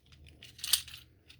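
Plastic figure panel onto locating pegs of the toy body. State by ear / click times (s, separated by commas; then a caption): not seated / none. A plastic section with small holes on a transforming robot figure is being pressed onto matching locating pegs on the toy body during its conversion to vehicle mode. Light plastic handling ticks and rattles come from about 0.4 to 1.0 seconds, loudest around 0.7 seconds, with a faint tick near 1.3 seconds. Nothing has seated or clicked into place yet.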